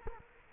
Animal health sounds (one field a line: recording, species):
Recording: mosquito wingbeat signal from an infrared sensor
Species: Culex quinquefasciatus